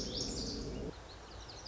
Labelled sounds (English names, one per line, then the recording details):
Lazuli Bunting
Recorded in Sonoma County, California